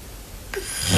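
After half a second of quiet, a harsh, rasping inhaled snort starts and grows louder toward the end. This is an adult woman snoring during sleep without her sleep machine, the kind of snoring that led her to use a mouth guard.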